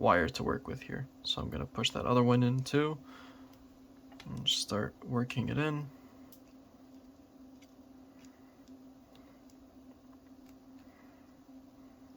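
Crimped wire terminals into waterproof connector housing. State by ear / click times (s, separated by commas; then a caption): not seated / none. Two crimped wire terminals are gradually worked into a rubber-sealed plastic waterproof e-bike connector housing while someone talks for the first six seconds, followed by faint, brief handling ticks. The terminals are not yet pushed home, and nothing has clicked or seated yet.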